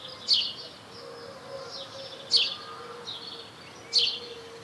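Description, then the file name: House sparrow chirps: three strong, clipped notes with fainter chirps between, over a soft constant hum. "Passer domesticus"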